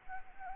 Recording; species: mosquito wingbeat signal from an infrared sensor; Anopheles arabiensis